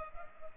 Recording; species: mosquito wingbeat signal from an infrared sensor; Culex pipiens